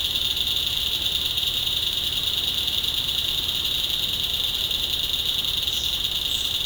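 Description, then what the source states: Cicadas droning, a continuous dense shrill buzz that stays level and unbroken throughout. Cicadas in mangroves, Fiji.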